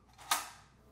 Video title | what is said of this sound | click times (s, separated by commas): How to assemble your Scosche GM1583B dash kit for select 1992-2007 GM/Isuzu vehicles - Crutchfield | Now slide your radio into the sleeve from the front until it snaps into place. | 0.3 s